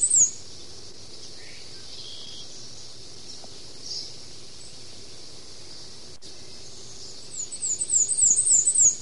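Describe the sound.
Black-and-white warbler song, a thin, very high run of squeaky two-part notes near the end, after a long stretch of quiet hiss with a brief high note at the start.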